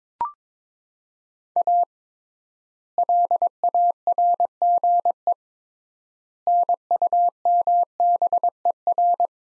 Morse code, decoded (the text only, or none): A LARGE NUMBER